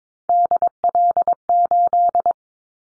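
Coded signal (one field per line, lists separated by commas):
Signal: Morse code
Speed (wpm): 22 wpm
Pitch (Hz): 700 Hz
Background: none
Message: DL8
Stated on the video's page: Morse practice drill of common callsign prefixes for top 50 DXCC entities at 22 wpm, each sent twice for head-copy training.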